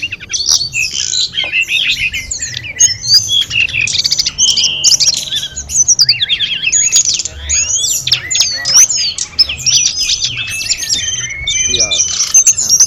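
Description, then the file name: Sunda robin song: dense, jumbled chorus of high whistles, trills and downslurred notes, sustained for the whole stretch. Five birds singing together at a gathering. "audio-gathering-5-ekor-tledekan"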